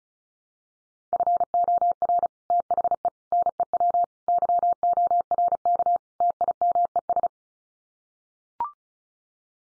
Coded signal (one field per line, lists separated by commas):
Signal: Morse code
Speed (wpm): 34 wpm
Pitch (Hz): 700 Hz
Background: none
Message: FOR THE NEW YORK TIMES